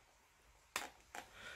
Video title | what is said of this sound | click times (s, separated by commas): Maxspects New Jump MJ-GF2K Gyre Flow Pump | you can return clicks back in there like that | 0.8 s